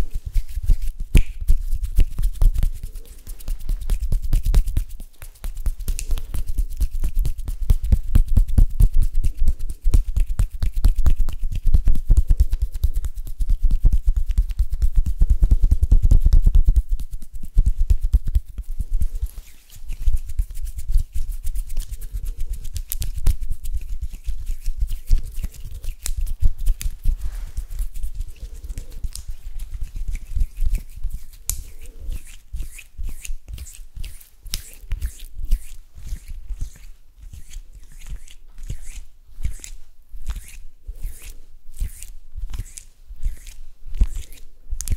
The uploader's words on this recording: ASMR HAND SOUNDS and HAND MOVEMENTS.